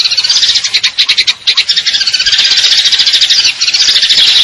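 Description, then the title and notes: Eurasian tree sparrow trilling steadily, a fast stream of bright high chirps with a few uneven bursts early on. Fighting-style call with long trills, clear sound; a masteran training recording for contest birds; local name burung gereja. "GEREJA TARUNG NEMBAK PANJANG SUARA JERNIH MASTERAN WAJIB BURUNG LOMBA. Burung Gereja"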